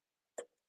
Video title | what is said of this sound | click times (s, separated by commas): LIVE: Hands-On Janome M6 Demo with Kate Quinn! | okay, twist it until you hear the snap. I just heard the click. | 0.4 s